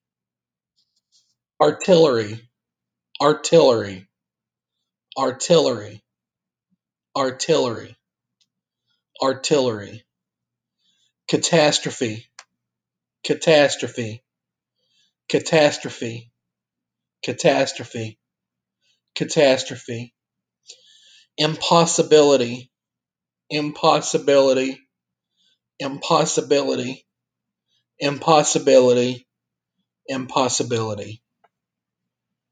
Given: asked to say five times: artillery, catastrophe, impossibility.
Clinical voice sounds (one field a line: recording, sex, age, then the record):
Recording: three words, each repeated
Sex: male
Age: 30 to 39 years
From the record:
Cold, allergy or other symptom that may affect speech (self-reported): no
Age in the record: 39 years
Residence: West Virginia, United States